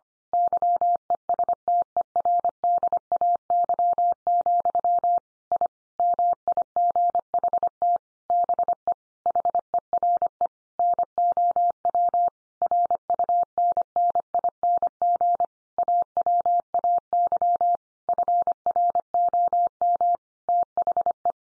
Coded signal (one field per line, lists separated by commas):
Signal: Morse code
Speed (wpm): 25 wpm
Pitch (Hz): 700 Hz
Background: none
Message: YESTERDAY, I MIGHT BE HERE NOW RUNNING AWAY FROM THE